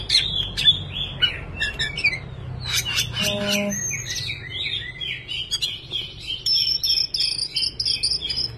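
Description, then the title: Oriental magpie-robin with varied whistled song phrases and a brief buzzy note midway, followed by a thin, high, insect-like trill near the end. "Kacer"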